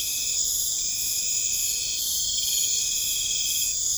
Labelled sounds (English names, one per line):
none